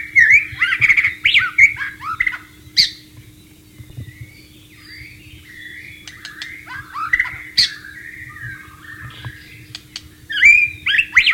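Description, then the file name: White-rumped shama song in varied warbled bursts with quieter gaps, some sharp clicks and a faint steady hum underneath. "suara burung murai batu di alam liar"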